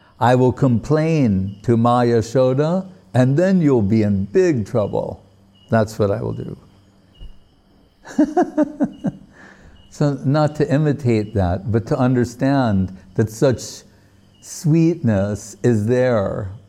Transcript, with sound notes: I will complain to Ma Yaśodā and then you'll be in big trouble; that's what I will do!” [laughing] So, not to imitate that, but to understand that such sweetness is there;